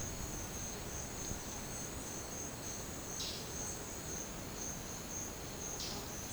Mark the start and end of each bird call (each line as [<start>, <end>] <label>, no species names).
[3.18, 3.46] bird call
[5.70, 6.10] bird call